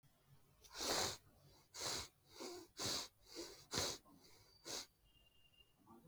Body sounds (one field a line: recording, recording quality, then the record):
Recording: shallow breathing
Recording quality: excellent, no background noise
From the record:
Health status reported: healthy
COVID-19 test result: negative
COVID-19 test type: RT-PCR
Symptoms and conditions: cold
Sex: male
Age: 20 years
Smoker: no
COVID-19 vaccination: both doses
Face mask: worn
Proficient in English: yes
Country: India